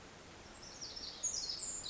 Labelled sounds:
Pacific Wren (Troglodytes pacificus)

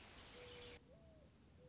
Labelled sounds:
Mourning Dove (Zenaida macroura)

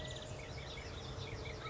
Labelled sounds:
California Quail (Callipepla californica)

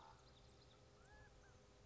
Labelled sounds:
California Quail (Callipepla californica)

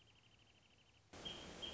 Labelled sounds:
Wrentit (Chamaea fasciata)

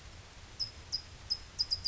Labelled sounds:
California Towhee (Melozone crissalis)

